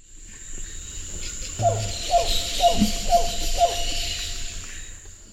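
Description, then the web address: Sungrebe producing five evenly spaced, slurred hollow notes about half a second apart, with a thin steady tone and buzzing insects in the background. Recorded in the eastern lowlands of South America. "Natures Songs S America Eastern Lowlands. Sungrebe"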